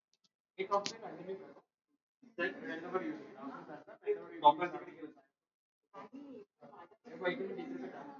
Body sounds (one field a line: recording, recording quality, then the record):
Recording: shallow breathing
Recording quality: poor, much background noise or distortion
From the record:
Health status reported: exposed to COVID-19, no respiratory illness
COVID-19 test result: not tested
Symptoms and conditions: none ticked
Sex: female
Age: 57 years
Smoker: not ticked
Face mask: not worn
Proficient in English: yes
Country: India